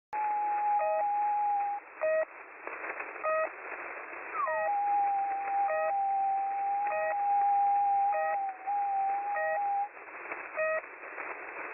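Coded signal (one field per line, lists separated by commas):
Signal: channel marker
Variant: The Pip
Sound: short buzzy pips about once a second under a steady gliding whistle tone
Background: radio static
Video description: I noticed an unusual signal on top of the Russian frequency holder signal "The Pip" at 3756 kHz. It stopped just shortly after I tuned to that frequency and started up my screen recorder.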